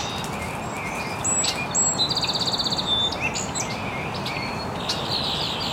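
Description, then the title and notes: Bird chirps and a fast rattling trill near the middle, several high whistled notes around it, over constant background hiss. Chirping very early in the morning in an estuary. "Birds Chirping in the Early Morning. Original sounds of birds chirping very early in the morning in an estuary"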